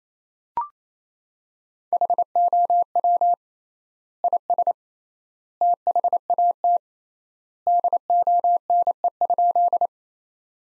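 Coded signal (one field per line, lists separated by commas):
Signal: Morse code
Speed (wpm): 28 wpm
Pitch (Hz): 700 Hz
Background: none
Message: HOW IS THAT DONE?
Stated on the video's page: Sentence practice from top 500 words at 28 wpm with 3x standard word spacing, a Farnsworth-like method using words instead of characters.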